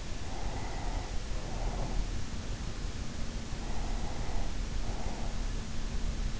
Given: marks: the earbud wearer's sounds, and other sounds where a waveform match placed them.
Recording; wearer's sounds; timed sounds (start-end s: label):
sounds in sleep by an in-ear microphone; breath
0.05-2.28 s: breath
3.60-5.68 s: breath